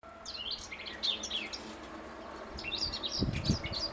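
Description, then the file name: Eurasian blackcap giving fast, chattering warbled phrases in two bursts, with a steady background hiss and a few low knocks toward the close. "Sylvia atricapilla"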